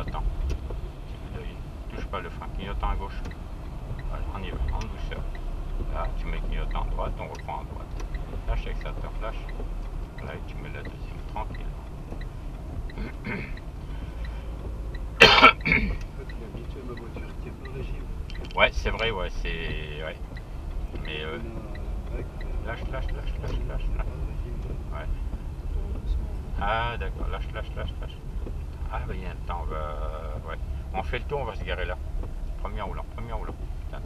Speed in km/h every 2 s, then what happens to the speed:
27, 26, 28, 30, 30, 30, 28, 25, 23, 23, 26, 26, 22, 22, 19, 17, 16.
0-10 steady at about 28. 10-16 slows to 23. 16-22 steady at about 23. 22-34 slows to 16.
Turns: 12-19.